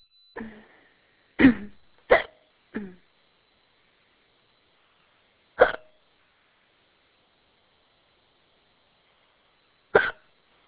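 Six abrupt, brief gulping sounds from an adult at irregular intervals over ten seconds: a bout of hiccups.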